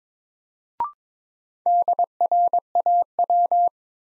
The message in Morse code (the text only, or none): DRAW